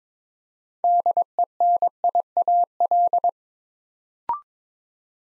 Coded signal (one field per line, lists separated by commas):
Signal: Morse code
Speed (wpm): 22 wpm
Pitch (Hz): 700 Hz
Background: none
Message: DENIAL